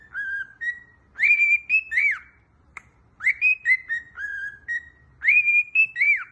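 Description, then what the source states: Cockatiel whistled song: clear sliding whistles rising and falling in short bursts, with rich overtones and pauses between phrases. Several cockatiels singing and whistling.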